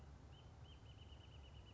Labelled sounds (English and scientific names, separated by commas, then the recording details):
Wrentit (Chamaea fasciata)
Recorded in Sonoma County, California